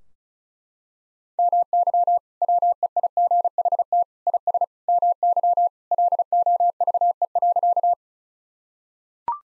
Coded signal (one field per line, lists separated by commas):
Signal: Morse code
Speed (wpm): 34 wpm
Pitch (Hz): 700 Hz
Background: none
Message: MY WEIGHT IS MY LOVE.